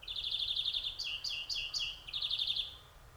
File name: Chloris chloris